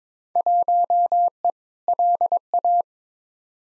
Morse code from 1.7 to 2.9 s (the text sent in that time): LA